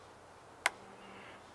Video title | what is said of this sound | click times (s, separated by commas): Cheap💰Upgrades for the Stihl MS 170 Chainsaw | in and then there's this little clip that slides in right here clicks into place | 0.7 s